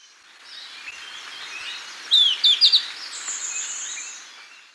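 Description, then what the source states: Golden-faced Tyrannulet gives one high call, a slurred falling note then three clipped notes, against faint chirps of other birds and a high thin whine. Ecuador; possible unnamed taxon.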